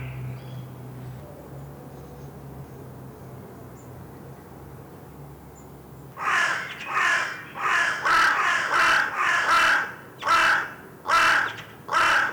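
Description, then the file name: Carrion crow giving about ten harsh, hoarse caws in a row, after six seconds of near silence with a low hum. "Corvus corone"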